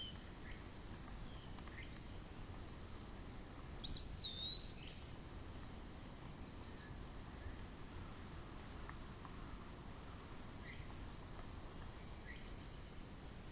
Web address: Eastern Wood-Pewee